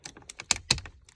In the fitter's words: try to line it up and make sure you're going in the same spot, and it should snap right into place.